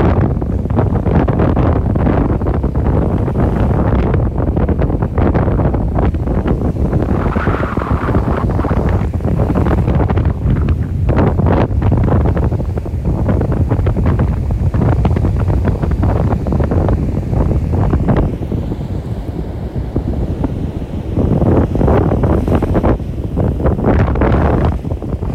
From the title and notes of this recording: WAVES, WIND, STEPS.